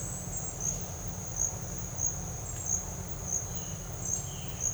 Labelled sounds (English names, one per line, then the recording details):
none
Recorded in dense forest near Puerto Asís, Putumayo, Colombia, on 20 December 2024 at 11:00
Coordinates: 0.468, -76.322
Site G071